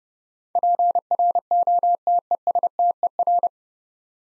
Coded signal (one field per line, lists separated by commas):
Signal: Morse code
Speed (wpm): 30 wpm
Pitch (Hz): 700 Hz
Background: none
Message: PROTESTER